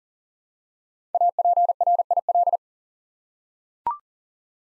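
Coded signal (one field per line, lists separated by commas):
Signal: Morse code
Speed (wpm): 39 wpm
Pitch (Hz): 700 Hz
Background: none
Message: APRIL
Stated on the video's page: Morse practice at 40 wpm: five-letter words sent twice for head-copy training.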